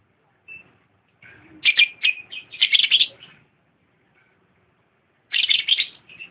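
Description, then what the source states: Lovebird song of harsh, buzzy chattering bursts, two longer runs of scratchy notes separated by a quiet pause. Lovebird song presented as that of a champion bird.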